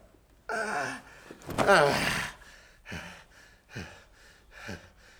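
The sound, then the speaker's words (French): A tired, out-of-breath person pants heavily and raggedly while getting back up, with a strained, drawn-out groan of effort, followed by several short, sharp breaths in an uneven rhythm that gradually trail off. “Tu es essoufflé, tu es fatigué, repose-toi.”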